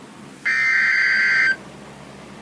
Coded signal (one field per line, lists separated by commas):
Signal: Emergency Alert System (SAME) tones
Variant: header bursts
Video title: EAS #17: Severe Thunderstorm Warning - June 28, 2013 1:20 PM